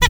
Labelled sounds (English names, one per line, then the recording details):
Zebra Finch stack call
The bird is a male
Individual mal11